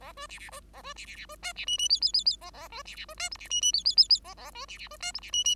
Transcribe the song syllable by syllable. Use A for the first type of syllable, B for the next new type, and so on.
A B C C B A B C C C B D C E E F F F F A A B C C B D G C E E F F F F A A B C C B D G C E E